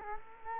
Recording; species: mosquito wingbeat signal from an infrared sensor; Culex quinquefasciatus